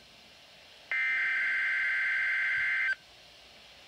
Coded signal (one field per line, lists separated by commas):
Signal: Emergency Alert System (SAME) tones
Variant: header bursts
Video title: Required Weekly Test [EAS #34]